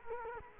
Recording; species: mosquito wingbeat signal from an infrared sensor; Culex quinquefasciatus